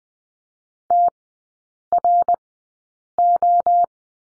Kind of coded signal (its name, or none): Morse code